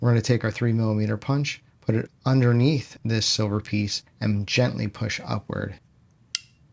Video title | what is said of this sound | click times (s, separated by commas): How to Remove Striker and Extractor for PSA Dagger Micro C 1 - The Easy Way! | it should click into place just like that | 6.4 s